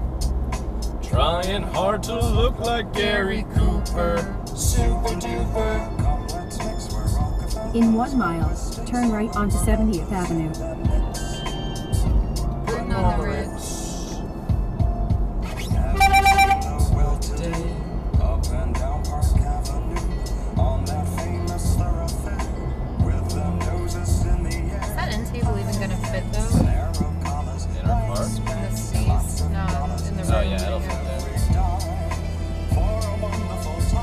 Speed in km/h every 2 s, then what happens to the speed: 64, 66, 66, 64, 66, 72, 72, 71, 71, 71, 71, 74, 74, 69, 64, 61, 58.
0-7 steady at about 64. 7-10 speeds up to 72. 10-24 steady at about 71. 24-34 slows to 58.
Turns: none.